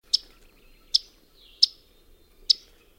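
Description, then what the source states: Yellow-rumped Warbler giving sharp, high chip notes, four short clicks spaced irregularly under a second apart, otherwise quiet. Call described as tisking, like an annoyed math teacher tisking at her class; heard in spring within the branches of a box elder tree.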